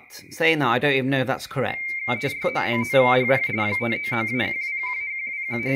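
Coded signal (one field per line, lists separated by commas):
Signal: RTTY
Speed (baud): 45.45 baud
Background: speech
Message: YO9HP 599-121-121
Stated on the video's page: RTTY decoded on an ICOM IC-705.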